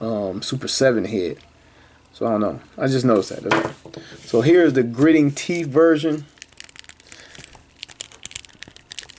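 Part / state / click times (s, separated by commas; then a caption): swap head onto action figure neck joint / not seated / none. Someone talks for about six seconds, then pushes an alternate plastic head onto the neck peg of a Super7 Ultimates ThunderCats Lion-O action figure, making a series of short, sharp handling snaps. The head has not popped or seated onto the neck joint yet.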